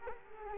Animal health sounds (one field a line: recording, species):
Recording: mosquito wingbeat signal from an infrared sensor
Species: Culex quinquefasciatus